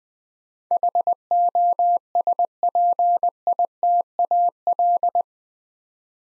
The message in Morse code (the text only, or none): HOSPITAL